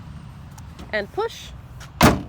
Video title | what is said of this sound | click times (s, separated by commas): 2008 Honda Ridgeline LX W/ A/C, AUX, Cruise Control Review- Island Ford | and push until it clicks in the original position. | 2.0 s